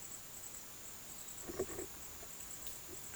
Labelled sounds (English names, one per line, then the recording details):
none
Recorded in dense forest near Puerto Asís, Putumayo, Colombia, on 18 February 2024 at 08:30
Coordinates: 0.505, -76.324
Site G6467